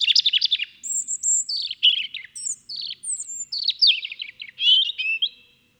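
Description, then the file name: European robin delivering nearly continuous song, high sweet whistles alternating with fast rattling trills and twittering notes, phrases changing constantly. "Erithacus rubecula"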